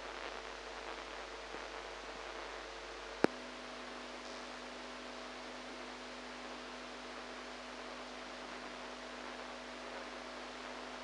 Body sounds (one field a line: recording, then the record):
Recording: brain microelectrode recording played as sound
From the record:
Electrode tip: inside the subthalamic nucleus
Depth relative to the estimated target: -1 mm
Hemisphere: right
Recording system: NeuroSet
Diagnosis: Parkinson's disease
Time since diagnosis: 8 years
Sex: female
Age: 45 years